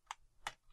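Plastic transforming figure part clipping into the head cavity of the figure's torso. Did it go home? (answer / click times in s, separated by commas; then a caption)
yes / 0.1 s, 0.5 s. During transformation of a plastic Transformers Combiner Wars Protectobots Hot Spot Voyager figure, a part is clipped into the vacant space in the torso left by the folded-away head. Two sharp, bright plastic clicks ring out at 0.1 s and 0.5 s over near silence, and the part seats into place.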